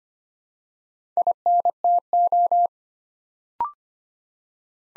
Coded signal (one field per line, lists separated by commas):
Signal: Morse code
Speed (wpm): 26 wpm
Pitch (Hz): 700 Hz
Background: none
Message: INTO